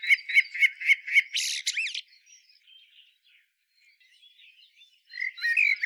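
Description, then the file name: Common blackbird calls: five quick repeated chinking notes, a harsh burst and a rising whistle in the first two seconds, faint notes after, then a loud chatter at the end. "Turdus merula"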